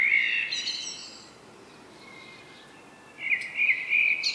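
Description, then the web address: Common blackbird calls: a loud warbled whistle opening, a quiet stretch, then a renewed burst of wavering fluty notes. "SETE Turdus merula"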